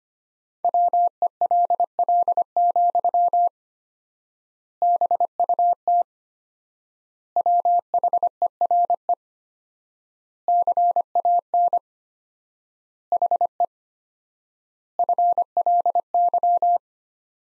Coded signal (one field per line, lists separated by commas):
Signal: Morse code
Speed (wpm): 25 wpm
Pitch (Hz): 700 Hz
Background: none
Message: WELL, BUT WHERE CAN HE FLY